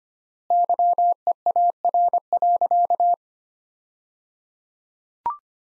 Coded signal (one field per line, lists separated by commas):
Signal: Morse code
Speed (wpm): 25 wpm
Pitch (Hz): 700 Hz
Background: none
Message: YEAR.